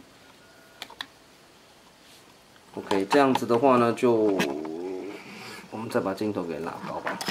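During the leg transformation of a Transformers Combiner Wars Deluxe Class Brawl toy, a plastic leg piece is clipped into a newly exposed hole in the leg socket, giving a small tick at 0.8 s and a sharp click at 1.0 s as it seats. After a quiet pause, someone talks from about 2.8 s to the end.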